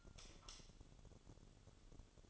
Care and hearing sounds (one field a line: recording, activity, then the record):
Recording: daily activity, microphone in the room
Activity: light off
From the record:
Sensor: 4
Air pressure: 1008.7 hPa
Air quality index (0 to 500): 97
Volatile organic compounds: 1 ppm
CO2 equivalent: 731 ppm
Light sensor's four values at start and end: 13/29/11/11 and 12/27/11/10